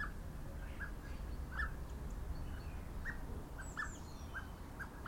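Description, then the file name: Common blackbird giving short, clipped chuck notes at irregular intervals over a low rumbling background, with faint thin high notes later. "Turdus merula"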